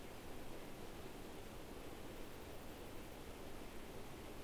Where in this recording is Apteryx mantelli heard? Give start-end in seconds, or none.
none